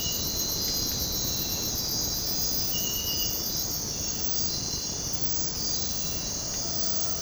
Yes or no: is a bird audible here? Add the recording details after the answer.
no. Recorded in dense forest near Puerto Asís, Putumayo, Colombia, on 18 February 2024 at 05:30. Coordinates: 0.503, -76.322. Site G6418